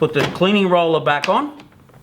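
Someone talks while handling the cleaning roller as it is being refitted onto the head of a Hizero wet-dry floor cleaner, after the sink drain has been locked in. A few faint small taps follow near the end, but nothing has seated or clicked yet.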